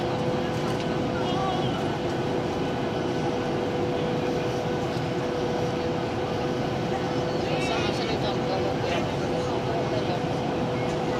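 A Boeing 737-800 cabin during approach, landing and taxi at Boa Vista, filled with a dense, steady engine roar, mostly low and mid. A constant tone hums through it, and brief chirping, whirring sounds surface around eight seconds.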